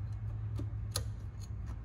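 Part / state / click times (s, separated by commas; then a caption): PCV hose quick-connect fitting onto engine PCV port / seated / 1.0 s. The second end of a factory-style PCV hose quick-connect fitting, running from the PCV to the top of a UPR dual valve catch can on a 2024 EcoBoost Mustang, is pushed onto the engine's PCV port. Over a steady low hum and a few faint ticks, one sharp click rings out at 0.9 s. The fitting clicks on and seats, settling down easily.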